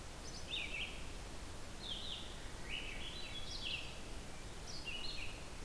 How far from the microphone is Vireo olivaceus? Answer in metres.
about 50 m